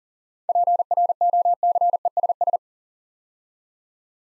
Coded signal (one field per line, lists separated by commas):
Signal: Morse code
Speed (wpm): 38 wpm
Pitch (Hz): 700 Hz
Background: none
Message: PROCESS